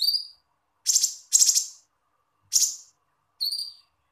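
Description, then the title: Small bird giving harsh buzzy notes and thin high harmonic chirps, irregularly spaced over a few seconds. "Burung Kecil"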